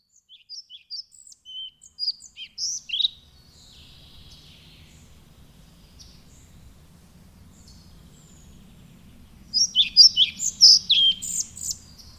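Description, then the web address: European pied flycatcher song: a quick, high phrase of sweet, varied notes lasting about three seconds, a pause of about six seconds, then another lively phrase; faint low hum underneath. "agykontroll Madardalok Cd 1. Kormos légykapó"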